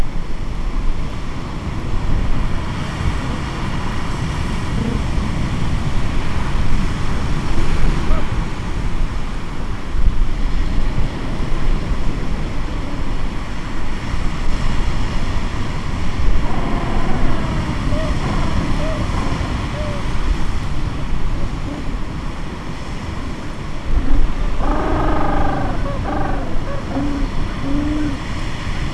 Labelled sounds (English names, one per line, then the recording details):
Gentoo Penguin
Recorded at the colony at Fort Point, Antarctica, on 25 December 2014
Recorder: Song Meter SM2+